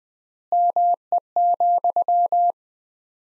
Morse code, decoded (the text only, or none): ME,